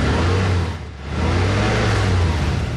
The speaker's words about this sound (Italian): È un Infinity, sportività allo stato puro. È il sound del nuovo motore V6 Infinity ad alte prestazioni. Non sembra, eppure è un diesel.